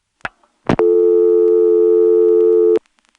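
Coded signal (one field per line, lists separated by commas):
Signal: telephone call progress tone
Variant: North America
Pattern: dial tone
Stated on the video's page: Senderized XY step switching office in Lexington, SC.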